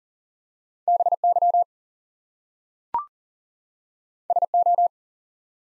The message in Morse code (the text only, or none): BY SO